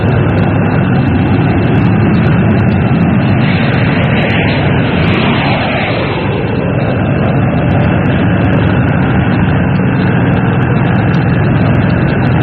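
A modern jet airplane taxis along an asphalt runway on a cold afternoon, its engines a steady, loud roar with a deep rumble underneath, the pitch dipping and sweeping briefly midway before settling back into the constant drone.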